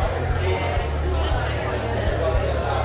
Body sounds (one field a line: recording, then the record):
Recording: background sound without coughing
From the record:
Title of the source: CITY SOUNDS Busy Bar in the Evening Night - 2 HOURS of Ambiance for Relaxation